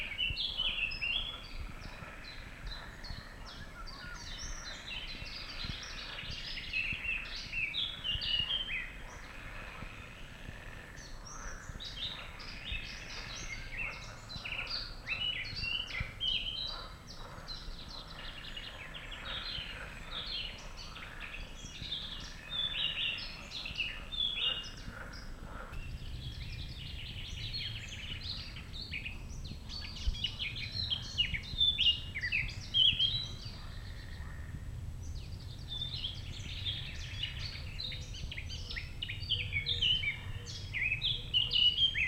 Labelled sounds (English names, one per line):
Eurasian Blackcap song